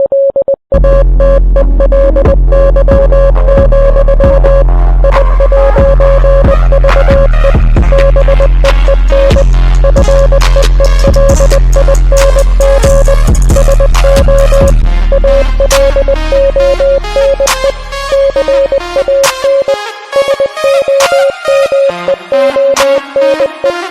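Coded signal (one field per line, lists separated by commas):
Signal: Morse code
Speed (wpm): 20 wpm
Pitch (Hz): 550 Hz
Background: music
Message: LATELY, I'VE BEEN FEELING SO ALONE CAN SOMEONE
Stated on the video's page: Song lyrics converted to Morse code with an online translator, with other song audio in the background.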